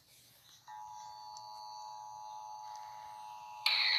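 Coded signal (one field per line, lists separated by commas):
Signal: Emergency Alert System (SAME) tones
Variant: 853 and 960 Hz attention tone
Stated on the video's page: Fictional EAS scenario using valid EAS tones.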